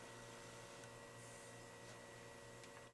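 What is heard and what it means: A plastic front shock brace mount for a Turtle Racing 5T is being fitted by hand onto an RC truck's shock tower, with the lower tabs positioned first before the top is rotated. Only steady handling noise and a constant hum are heard, with a few faint light taps. Nothing has seated or snapped into place yet.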